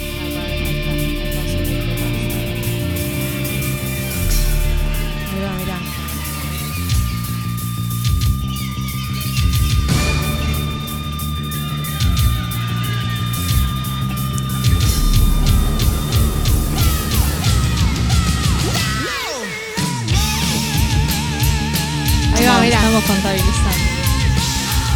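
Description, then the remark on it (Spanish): A long, sustained yelled note in an old song, held steadily over loud, dense music for about twenty seconds, with a brief drop near the end before the music surges back. “Ahora va a venir una parte que alarga un grito.”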